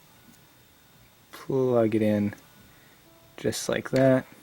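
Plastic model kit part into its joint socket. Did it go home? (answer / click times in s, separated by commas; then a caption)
no / none. A plastic model kit part is handled and plugged toward its mating joint socket on the frame while someone talks over a quiet background. The part has not gone home yet; nothing has seated or clicked in this clip.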